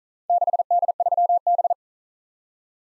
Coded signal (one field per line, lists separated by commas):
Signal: Morse code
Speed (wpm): 42 wpm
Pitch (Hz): 700 Hz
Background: none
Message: 6D3B